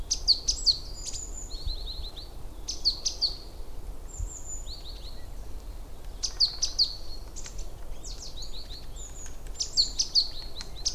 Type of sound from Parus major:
song